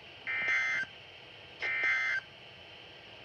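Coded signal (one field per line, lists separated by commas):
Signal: Emergency Alert System (SAME) tones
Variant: end-of-message bursts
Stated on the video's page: Required weekly test received on two NOAA weather radio transmitters, on a Midland weather radio.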